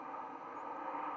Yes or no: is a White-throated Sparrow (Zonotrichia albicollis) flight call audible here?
no